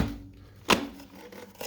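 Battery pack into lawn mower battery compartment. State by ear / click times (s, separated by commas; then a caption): seated / 0.7 s. A lithium battery pack is dropped into the battery compartment of an Ego lawn mower and clicks into place with a sharp hit at 0.7 s. A second, softer knock follows near the end, and the battery is seated.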